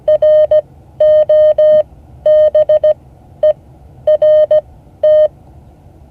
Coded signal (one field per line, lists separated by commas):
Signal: Morse code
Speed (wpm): 16 wpm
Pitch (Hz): 620 Hz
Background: none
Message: ROBERT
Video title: Morse code class 2024-08-06 (8 of 12)